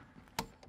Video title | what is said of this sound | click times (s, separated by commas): CC S04E06 - CARAVANNING BASICS (episode 6) | There's the click. That confirms that this is now at the correct tightness. | 0.4 s